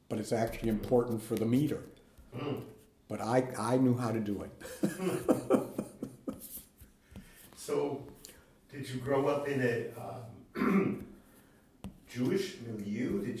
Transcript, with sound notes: But it’s actually important for the meter. But I knew how to do it. (laughs)
So, did you grow up in a Jewish milieu?